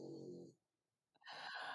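A low, buzzing snore, then a pause and a noisy rushing breath: a pet dog snoring while asleep.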